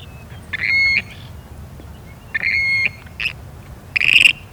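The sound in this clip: Grebe squawking calls, two longer nasal notes followed by two shorter harsh bursts, with quiet gaps between them.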